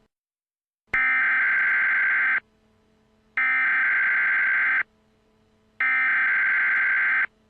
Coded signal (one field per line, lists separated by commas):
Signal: Emergency Alert System (SAME) tones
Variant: header bursts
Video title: Robbie Rotten Is Afraid Of The Emergency Alert System